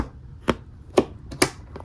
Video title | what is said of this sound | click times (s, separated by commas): Building my first gaming pc with no experience!! | yep that looks good and then I'm going to put some firm pressure down until it clicks | 0.5 s, 1.4 s